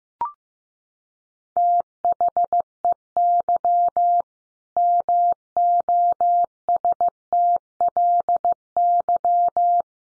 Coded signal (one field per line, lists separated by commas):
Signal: Morse code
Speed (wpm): 15 wpm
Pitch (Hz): 700 Hz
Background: none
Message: THEY MOSTLY